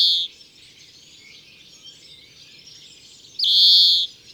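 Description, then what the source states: European greenfinch gives a nasal, drawn-out wheezing call, one at the start and another about three seconds later, over a low rumble. Regularly gives its nasal, drawn-out call.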